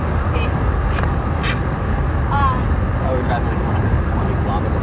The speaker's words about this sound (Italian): Siamo nella macchina in questo momento. Stiamo andando.